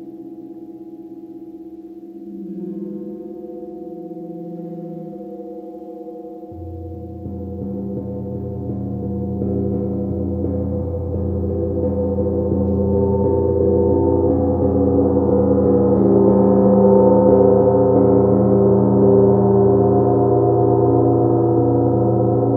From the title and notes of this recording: 30 mins Gong meditation.